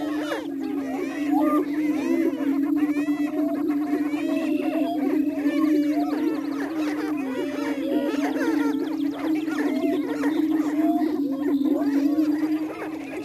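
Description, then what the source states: Greater prairie chicken booming: a continuous low moaning hum with a dense scatter of cackling and whooping calls from several birds throughout. Missouri.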